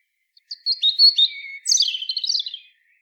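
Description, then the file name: European robin song: sustained thin high whistles, then a quick cascade of twittering notes that fades out. "Erithacus rubecula"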